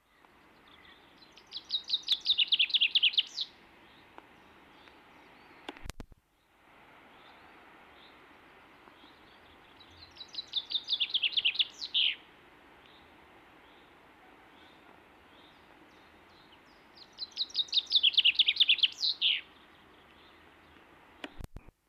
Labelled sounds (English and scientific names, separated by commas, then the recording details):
Common Chaffinch (Fringilla coelebs) song
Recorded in the wild
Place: Garmisch-Partenkirchen, Bayern, DE
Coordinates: 47.5203, 11.0819
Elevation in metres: 846
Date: 1971-04-08
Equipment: Nagra IV, Sennheiser MKH 405
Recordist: Tretzel, Erwin